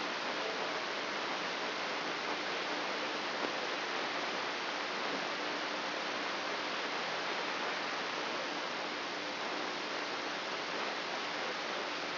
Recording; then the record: brain microelectrode recording played as sound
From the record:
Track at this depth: outside the subthalamic nucleus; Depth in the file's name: 8.304 mm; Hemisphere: left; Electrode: 3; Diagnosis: Parkinson's disease